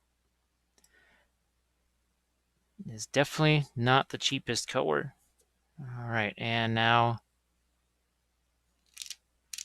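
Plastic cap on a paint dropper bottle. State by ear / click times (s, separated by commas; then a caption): seated / 9.5 s. A plastic cap is pressed onto a dropper bottle filled with cerulean blue oil paint while someone talks. After a pause, there are a few faint taps before the cap snaps shut with a sharp click at 9.5 s, seating it in place.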